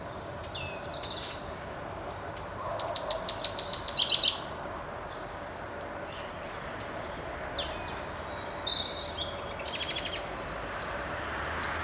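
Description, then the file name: Common chaffinch song: a quick run of repeated high notes, then a briefer burst later, over a steady hiss of background noise. "Buchfink"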